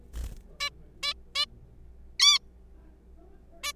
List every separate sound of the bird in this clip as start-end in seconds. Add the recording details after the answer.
0.60-0.70, 1.03-1.13, 1.35-1.45, 2.20-2.38, 3.63-3.73. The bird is a juvenile. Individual R3428